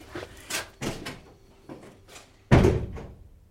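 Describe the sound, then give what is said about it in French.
A door is opened with a few clattering knocks and latch rattles, then pulled shut with one loud, heavy slam near the end, as someone walks out through it to leave a home. No one speaks. “Là, par exemple, je vais passer cette porte et partir.”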